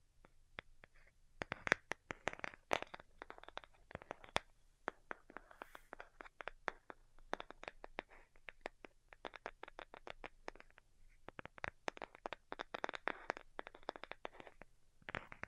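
Delicate tapping goes on throughout, a quick, uneven run of light clicks and taps with short crunchy, scraping textures between them. The hits come in dense clusters with brief gaps, some sharper and louder than others, over a faint low hum underneath.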